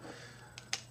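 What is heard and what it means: A grey polarized lens is worked out of the plastic frame of a pair of Oakley Holbrook Shaun White Special Edition sunglasses. Two sharp snaps are heard, a softer one at 0.6 s and a louder one at 0.7 s. The lens pops free of the frame.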